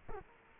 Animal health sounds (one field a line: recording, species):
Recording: mosquito wingbeat signal from an infrared sensor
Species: Culex quinquefasciatus